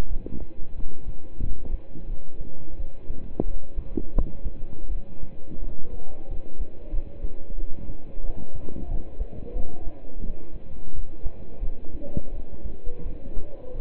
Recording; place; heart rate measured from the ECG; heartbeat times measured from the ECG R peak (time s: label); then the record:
heart sounds by stethoscope; between the tricuspid and mitral areas; 88 bpm
0.10 s: heartbeat
0.77 s: heartbeat
1.43 s: heartbeat
2.09 s: heartbeat
2.78 s: heartbeat
3.47 s: heartbeat
4.16 s: heartbeat
4.91 s: heartbeat
5.62 s: heartbeat
6.30 s: heartbeat
6.94 s: heartbeat
7.58 s: heartbeat
8.24 s: heartbeat
8.90 s: heartbeat
9.56 s: heartbeat
10.24 s: heartbeat
10.95 s: heartbeat
11.63 s: heartbeat
12.34 s: heartbeat
13.05 s: heartbeat
13.75 s: heartbeat
From the record:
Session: pedaling a stationary bicycle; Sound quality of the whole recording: partially saturated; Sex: male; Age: 27 years